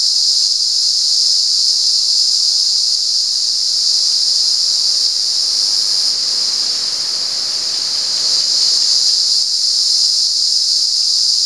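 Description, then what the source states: Cicada drone, a steady sizzling high buzz with a gentle dip in loudness partway through before it swells back. At San Ramon.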